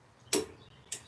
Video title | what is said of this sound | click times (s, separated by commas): Watch us sweat and install POWERSTOP Brakes! #brakes #powerstop | There's our click. | 0.3 s